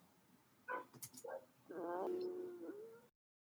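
Brief gurgles, then a drawn-out tonal rumble with a slight upward pitch glide: ordinary stomach growling in an adult shortly after eating lunch, as food is digesting, picked up by a laptop microphone.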